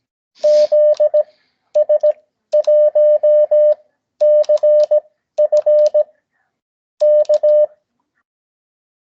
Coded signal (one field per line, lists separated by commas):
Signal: Morse code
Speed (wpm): 17 wpm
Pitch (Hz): 600 Hz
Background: none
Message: ZS1CF K